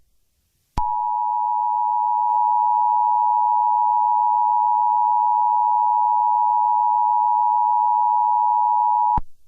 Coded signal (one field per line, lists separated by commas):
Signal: Emergency Alert System (SAME) tones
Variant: 853 and 960 Hz attention tone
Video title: EAS Scenario Message To The Phantom Ghost King @DeadlyCrowPhantomGhostsX2K975